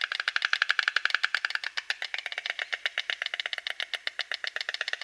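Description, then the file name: White stork bill clattering, a steady rapid wooden knocking that continues without a break throughout. "Bocian bialy"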